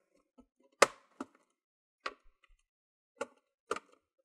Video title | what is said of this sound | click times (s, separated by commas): Asus Vivobook X543b HDD to SSD Upgrade, Step By Step Guide!! | you need to hear those clicks | 0.8 s, 2.1 s, 3.2 s, 3.7 s